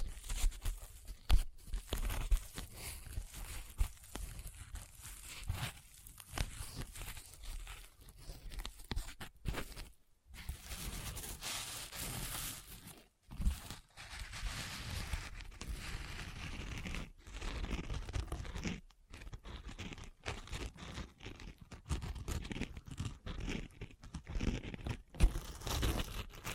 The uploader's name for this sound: Christmas Trigger Assortment (No Talking)